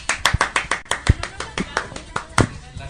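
A short round of applause: a quick, slightly uneven run of sharp, crisp hand claps, fairly loud, lasting a few seconds and tapering slightly toward the end.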